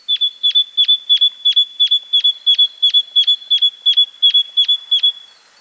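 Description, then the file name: Great tit calling a steady run of about fifteen sharp, high metallic notes, evenly spaced roughly three per second, against a quiet background. "Parus major"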